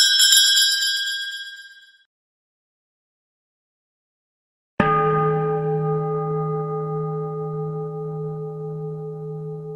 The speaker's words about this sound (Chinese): 我这个有个很难找得到的电子风铃， OK？ 你只要入住电他的呢，他就不断是这样跟你拎。